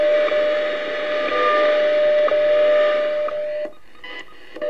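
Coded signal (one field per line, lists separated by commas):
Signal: radio time signal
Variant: WWVH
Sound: steady high tone through shortwave static, interrupted by short ticks about once a second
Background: radio static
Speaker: I'll go up to 15 and you can hear the high tone going right now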